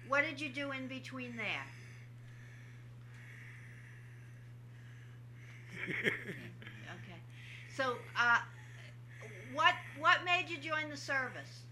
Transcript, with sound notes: what did you do in between there? (laughs) Okay. So what made you join the service?